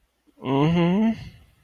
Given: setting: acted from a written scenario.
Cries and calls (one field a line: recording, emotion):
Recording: vocal sound without words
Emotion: sadness